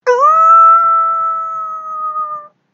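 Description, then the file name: Wolf howl: a single steady, drawn-out tone held level for over two seconds, rich in harmonics, fading slightly at the end; no other sounds. "lobo"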